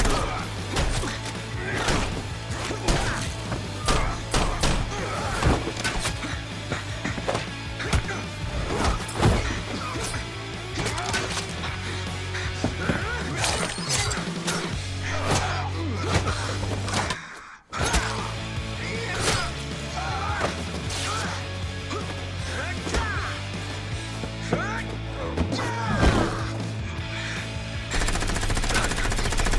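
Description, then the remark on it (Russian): A loud, chaotic action-movie fight scene in which a man fights soldiers: rapid bursts of gunfire and sharp impacts over a steady low rumble, with a brief drop to near silence midway before the barrage resumes. “Выскакивает Чен и начинает драться с военными.”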